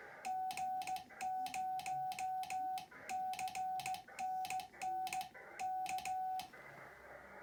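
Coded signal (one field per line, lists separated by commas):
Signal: Morse code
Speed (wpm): 16 wpm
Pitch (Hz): 750 Hz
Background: none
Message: G0CNN K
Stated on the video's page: Real Morse QSO sent on a Hi Mound HK-707 key by an operator relearning code.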